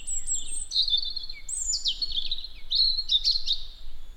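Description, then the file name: European robin singing thin, high, sweet phrases of quick slurred notes, with short pauses between phrases, over a low rumbling background. "Erithacus rubecula"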